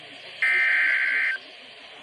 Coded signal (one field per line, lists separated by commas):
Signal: Emergency Alert System (SAME) tones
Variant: header bursts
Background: speech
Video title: Severe T’Storm Warning (EAS #639) 3/23/25